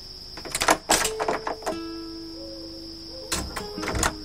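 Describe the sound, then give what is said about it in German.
A jailer's key rattles and clicks in a prison door lock with several sharp metallic clunks, then the door creaks open in a long drawn-out groan, followed by more knocking clatter, while a steady high cricket trill runs throughout. “Señor Zorro und seine 4 Begleiter schlüpften hinein und verriegelten die Tür wieder hinter sich.”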